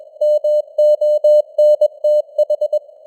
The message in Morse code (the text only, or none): MONTH